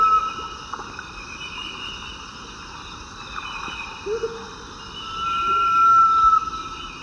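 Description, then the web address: Sunbittern whistles, a long, steady, clear note held for over a second near the end, with a brief one at the start, over a constant background of insect hum. Eastern lowlands of South America. "Natures Songs S America Eastern Lowlands. Sunbittern"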